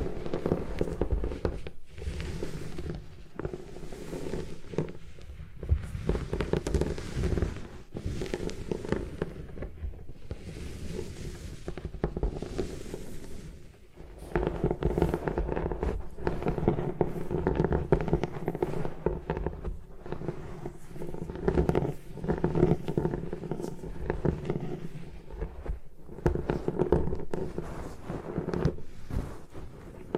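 Gym chalk being crushed and destroyed, a dense, continuous crackling and crunching with a low, grinding undertone. The texture is busy and uneven, swelling in bursts, with brief pauses near 2, 10, 14 and 26 seconds before the crunching resumes.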